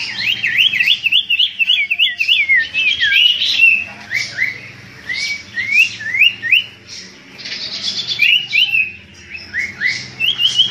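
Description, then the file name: Common iora song: rapid varied whistled phrases, repeated rising notes and trills, bright with short pauses. Song used as a lure (pancingan) for bird catching; local name cipo. "siulan cipo untuk pancingan"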